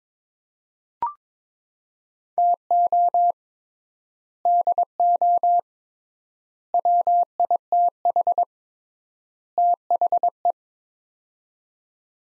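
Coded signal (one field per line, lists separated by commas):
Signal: Morse code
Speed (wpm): 21 wpm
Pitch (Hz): 700 Hz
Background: none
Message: TO DO WITH THE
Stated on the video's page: Morse practice drill at 22 wpm, sets of four words with 3x word spacing, each set sent, spoken, then sent again.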